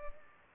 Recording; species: mosquito wingbeat signal from an infrared sensor; Culex pipiens